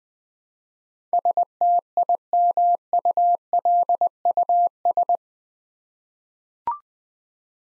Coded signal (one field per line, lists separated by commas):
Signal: Morse code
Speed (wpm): 20 wpm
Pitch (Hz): 700 Hz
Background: none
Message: STIMULUS